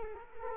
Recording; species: mosquito wingbeat signal from an infrared sensor; Culex quinquefasciatus